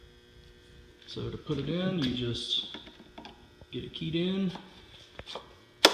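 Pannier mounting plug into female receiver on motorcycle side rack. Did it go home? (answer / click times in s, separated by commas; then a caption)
yes / 5.9 s. Someone talks over a steady hum after a key is turned, then slides an SW-Motech Blaze saddle bag's mounting plug into its female receiver on the side rack of a 2017–2018 Z900 motorcycle. A few faint taps are heard before a sharp, loud snap at 5.9 s as the plug seats home.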